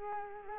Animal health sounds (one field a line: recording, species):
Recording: mosquito wingbeat signal from an infrared sensor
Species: Culex quinquefasciatus